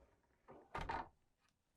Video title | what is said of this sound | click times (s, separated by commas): 2027 Newmar London Aire Walkthrough - Complete Owner Orientation & Feature Guide | and it locks. To open it for travel, just push down and open. | 0.8 s